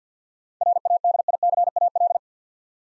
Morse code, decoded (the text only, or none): RADICAL